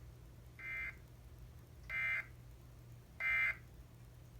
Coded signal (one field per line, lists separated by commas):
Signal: Emergency Alert System (SAME) tones